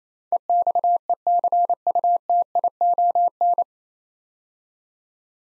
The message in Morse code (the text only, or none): EXECUTION